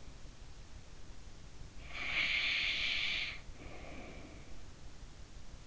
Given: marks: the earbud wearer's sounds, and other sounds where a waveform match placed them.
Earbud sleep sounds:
sounds in sleep by an in-ear microphone; breath
1.32-4.70 s: breath

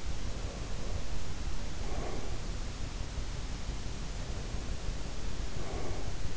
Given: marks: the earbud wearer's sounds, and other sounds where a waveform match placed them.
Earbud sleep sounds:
sounds in sleep by an in-ear microphone; breath
0.19-2.55 s: breath
3.94-6.23 s: breath

